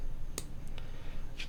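A metal circlip is put back onto the end of a lock plug and snaps on with a sharp click at 0.4 s, followed by fainter ticks around 0.7, 0.8 and 1.4 s. The circlip is seated on the lock plug.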